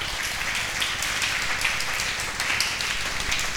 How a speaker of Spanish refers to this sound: Mira, de un aplauso al Señor, claro.